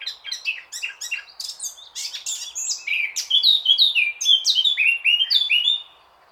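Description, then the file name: Eurasian blackcap song, a scratchy chattering warble that breaks into loud, clear fluted whistles sliding between pitches, delivered in a rich, continuous phrase. "Sylvia atricapilla"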